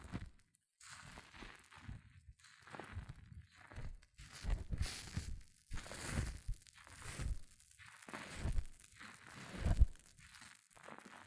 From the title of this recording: Extreme Fizzing Tingles Hair Mousse Sounds